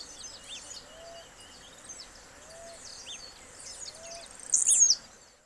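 Blue-black grassquit giving one high, buzzy, explosive burst near the end, amid scattered chirps from other birds and a soft low whistle repeating steadily.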